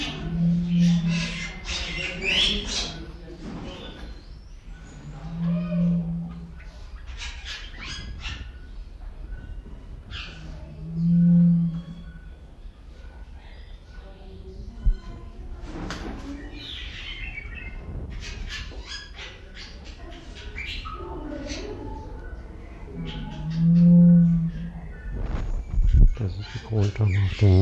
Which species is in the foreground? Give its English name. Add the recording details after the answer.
Western Crowned Pigeon. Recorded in captivity. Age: adult. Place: Zoo Berlin, Berlin, DE. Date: 1995-03-11 11:01. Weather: sunny, 0-5 °C. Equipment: Sony WM-D6C, Sennheiser ME 80, Kopie Uher Variocord 263. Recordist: Tembrock, Günter. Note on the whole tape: Auf Nest: dunkle Lautfolge mit Kopfbeugen